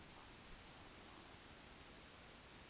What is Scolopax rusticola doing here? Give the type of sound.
whistle, croak